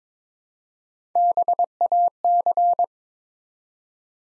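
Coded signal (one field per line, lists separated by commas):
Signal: Morse code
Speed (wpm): 23 wpm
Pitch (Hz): 700 Hz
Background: none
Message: BAC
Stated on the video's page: Morse Code Ninja practice at 22 WPM, sending four-letter words one letter at a time.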